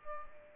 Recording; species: mosquito wingbeat signal from an infrared sensor; Aedes albopictus